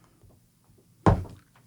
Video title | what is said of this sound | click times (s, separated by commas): Medication Dosage & Delivery Mechanisms Dos and Don’ts with Bryana Gregory, PharmD, RPh | Clicks on as such, and then you'll click your dose up into it. | 1.1 s